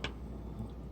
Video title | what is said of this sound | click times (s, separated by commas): Leatherman Rebar multi tool | it locks into place | 0.0 s